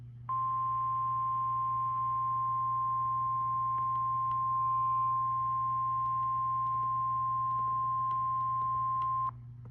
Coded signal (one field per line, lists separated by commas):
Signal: Emergency Alert System (SAME) tones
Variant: 1050 Hz attention tone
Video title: (EAS) Tornado Warning In Michigan 7/5/24!!!!!